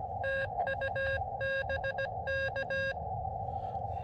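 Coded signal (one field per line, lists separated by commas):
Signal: Morse code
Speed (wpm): 17 wpm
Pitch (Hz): 1650 Hz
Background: none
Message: TU BK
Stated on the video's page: Summits On The Air activation on Monserate Mountain near San Diego, working chasers.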